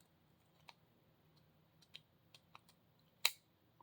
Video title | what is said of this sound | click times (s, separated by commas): HO Slot Car-The Body Shop? Slot'zzzz😎 | see that that's clicking like loud | 3.3 s